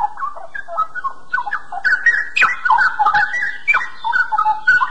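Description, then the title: Oriental magpie-robin song: a continuous run of varied whistled and chirping notes in quick succession. "Kicau Kacer"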